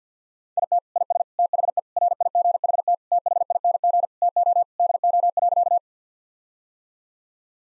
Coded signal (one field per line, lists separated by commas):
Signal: Morse code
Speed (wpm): 50 wpm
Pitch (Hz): 700 Hz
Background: none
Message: IT IS THE RIGHT THING TO DO.